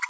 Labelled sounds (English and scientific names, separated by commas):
Green-rumped Parrotlet (Forpus passerinus) babbling